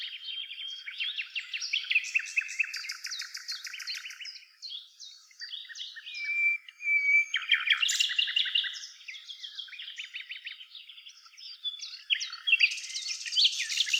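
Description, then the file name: Common nightingale song, a continuous flow of rich phrases mixing rapid trills, pure whistled notes and sharp chattering bursts with only brief gaps between them. "Luscinia megarhynchos"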